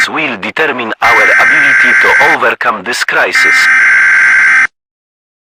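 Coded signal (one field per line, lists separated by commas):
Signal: Emergency Alert System (SAME) tones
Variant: header bursts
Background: speech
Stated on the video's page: Fictional EAS scenario, simulated alert.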